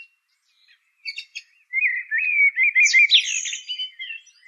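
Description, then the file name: Song thrush song: a few sharp notes then a continuous run of warbled, twittering phrases with some higher notes. "suara kicauan burung song thrush. omkicau"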